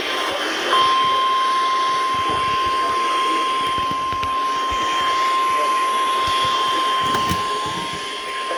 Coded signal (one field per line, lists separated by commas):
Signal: Emergency Alert System (SAME) tones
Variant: 1050 Hz attention tone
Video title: STAR SPANGLED STORMS... EAS Alerts from 7/2/22 (EAS #1,042-1,056)